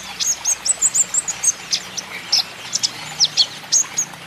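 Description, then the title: Van Hasselt's sunbird song, a fast run of thin, high squeaky notes, some rapid and paired, with brief pauses between bursts and a constant hiss. Green-plumaged (ijoan) bird singing actively (gacor); song used as a lure and therapy to prompt caged Van Hasselt's sunbirds to sing in reply. "KOLIBRI NINJA KONIN IJOAN GACOR COCOK UNTUK PANCINGAN TERAPI KONIN BAHAN PASTI NYAUT"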